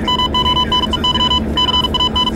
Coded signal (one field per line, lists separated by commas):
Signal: Morse code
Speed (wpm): 44 wpm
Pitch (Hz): 3000 Hz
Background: none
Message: MONEY CAN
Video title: Example of shorthand symbols for high speed telegraphy reception